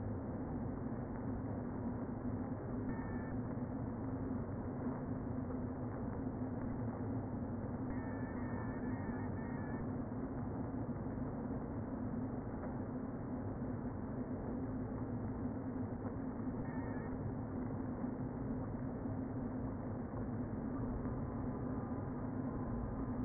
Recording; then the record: honeybee colony, microphone inside the hive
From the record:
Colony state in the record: queen present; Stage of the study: before two queens were removed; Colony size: about 60,000 bees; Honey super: yes